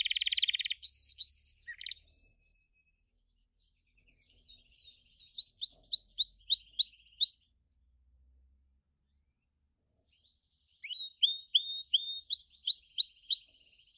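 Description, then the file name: Gloster canary song: a loud buzzy opening, then bursts of quick repeated high chirps, a pause, and another run of rapid sharp notes. "canto do canario gloster"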